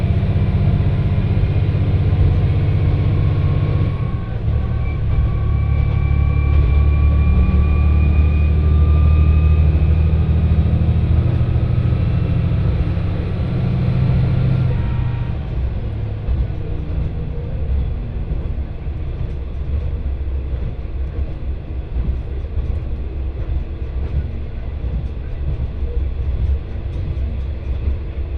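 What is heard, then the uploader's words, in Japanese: A train ride on the Etsumi-Hokusen Line from Hakariishi to Fukui: a heavy, steady low rumble with rising engine whine and a faint high whistle for the first fifteen seconds. Then the tones drop away, leaving rougher wheel clatter and rattling at an even level. 耳で楽しむ鉄道旅 越美北線 計石→福井。越前大野からひと山越えた先にある計石からは、足羽川の支流に沿って進み、美山で足羽川と合流します。何度か足羽川を渡りながら一乗谷遺跡のある近くを通りつつ越前花堂で北陸本線に合流して福井を目指します。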